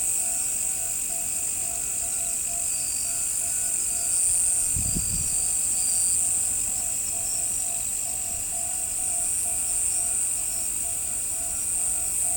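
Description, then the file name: Crickets give a continuous shrill trilling chorus; a short low thud breaks in about a third of the way through, and a faint steady hum persists. "crikets"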